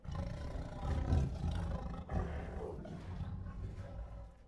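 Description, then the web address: Tiger giving deep, rasping growls that swell and fade over a few seconds. Restless tiger growling, huffing, moaning and roaring. "Sound Ideas Tigers. Restless with Growls, Huffs, Moans and Roars"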